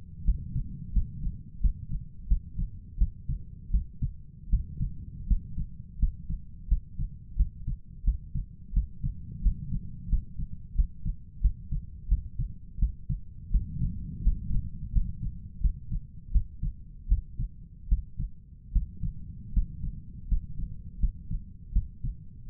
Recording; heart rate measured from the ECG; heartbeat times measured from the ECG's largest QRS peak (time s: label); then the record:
heart sounds by stethoscope; 84 bpm
0.25 s: heartbeat
0.93 s: heartbeat
1.61 s: heartbeat
2.28 s: heartbeat
2.98 s: heartbeat
3.71 s: heartbeat
4.50 s: heartbeat
5.27 s: heartbeat
5.99 s: heartbeat
6.68 s: heartbeat
7.36 s: heartbeat
8.04 s: heartbeat
8.73 s: heartbeat
9.42 s: heartbeat
10.09 s: heartbeat
10.75 s: heartbeat
11.41 s: heartbeat
12.08 s: heartbeat
12.79 s: heartbeat
13.51 s: heartbeat
14.23 s: heartbeat
14.92 s: heartbeat
15.61 s: heartbeat
16.32 s: heartbeat
17.08 s: heartbeat
17.89 s: heartbeat
18.72 s: heartbeat
19.53 s: heartbeat
20.28 s: heartbeat
21.00 s: heartbeat
21.73 s: heartbeat
22.48 s: heartbeat
From the record:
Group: healthy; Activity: rest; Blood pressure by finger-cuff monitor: 111/63 mmHg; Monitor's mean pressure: 75 mmHg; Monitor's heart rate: 86 bpm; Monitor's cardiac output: 7.8 L/min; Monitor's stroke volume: 92 mL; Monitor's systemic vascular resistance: 690 dyn s/cm5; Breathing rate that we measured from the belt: 13 breaths a minute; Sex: male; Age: 23 years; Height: 179 cm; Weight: 87 kg